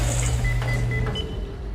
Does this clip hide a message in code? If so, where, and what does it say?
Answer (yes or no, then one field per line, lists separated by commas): no